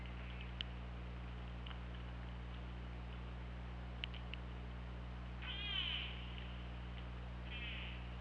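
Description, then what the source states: Orca pulsed calls: harmonic sweeps that bend downward, one a little after the middle and a shorter one near the end, with scattered clicks over a steady low underwater hum. Recorded by OrcaLab hydrophone, 24 August 2017 at 23:41.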